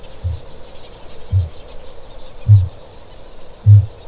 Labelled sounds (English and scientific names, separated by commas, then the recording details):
Kākāpō (Strigops habroptilus) boom
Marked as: faintness 2/5
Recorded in New Zealand
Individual Stumpy